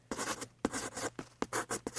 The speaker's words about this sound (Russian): Это потому, что у тебя мягкий карандаш. Теперь послушай. У меня совсем не такой приятный звук, потому что у меня карандаш тверже.